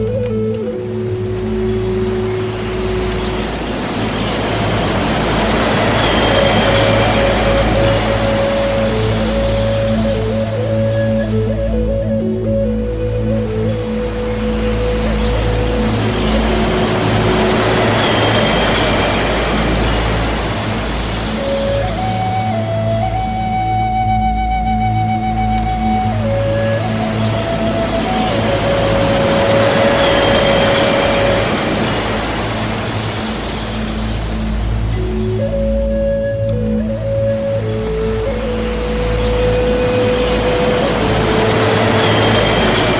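Soft, sustained flute notes drift over a steady wash of falling water, the melody moving in slow held tones and gentle steps. The water noise swells and eases in long waves roughly every twelve seconds, with a low, continuous hum underneath.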